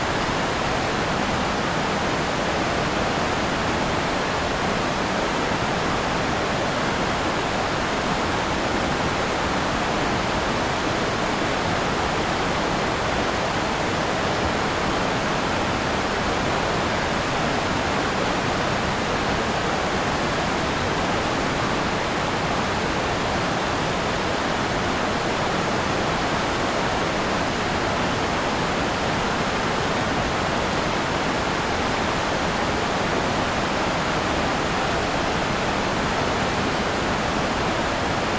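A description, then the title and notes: A waterfall roars without pause, a dense, even rush of falling water that never changes over the whole stretch. The sound is full, with a deep low rumble beneath a bright hissing spray. No other sounds break through. Waterfall Sound Meditation White Noise. The crystal-clear sounds of the waterfall and meditative white noise.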